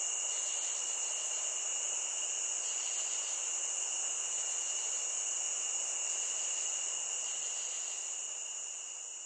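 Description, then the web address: Crickets chirping in a dense, steady chorus, with high shrill trilling bands that hold throughout and fade slightly near the end. Nature ambience. "SFXBible ambience-nature-crickets"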